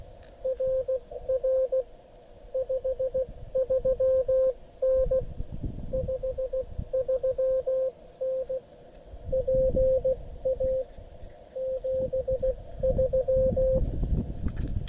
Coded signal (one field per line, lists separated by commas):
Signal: Morse code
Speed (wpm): 16 wpm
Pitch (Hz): 520 Hz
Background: none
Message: RR 53N 53N PA 73